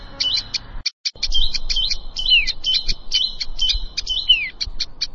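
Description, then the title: Plain prinia giving hurried, high-pitched chirps mixed with buzzy phrases and down-slurred notes, with a brief silent break near the start. "Ciblek Sawah"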